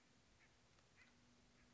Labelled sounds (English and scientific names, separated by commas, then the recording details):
Acorn Woodpecker (Melanerpes formicivorus)
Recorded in Sonoma County, California